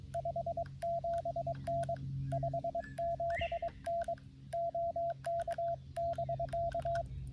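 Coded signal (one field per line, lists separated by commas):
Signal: Morse code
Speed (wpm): 22 wpm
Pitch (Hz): 690 Hz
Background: radio noise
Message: 57N 57N OK<BK>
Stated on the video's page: Morse code POTA activation from a wildlife management area, calling CQ on a Xiegu G90 with an end-fed 40-10m antenna.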